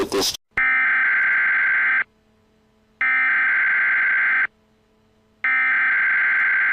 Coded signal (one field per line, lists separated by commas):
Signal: Emergency Alert System (SAME) tones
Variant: header bursts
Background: speech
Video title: Emergency Alert System: Unidentified Disease